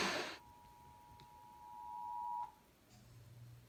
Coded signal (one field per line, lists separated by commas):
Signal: Emergency Alert System (SAME) tones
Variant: 853 and 960 Hz attention tone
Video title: Monday Night Autoweeklies June 2022 week 4 with a bonus COX Fred(EAS 2,987-2,990)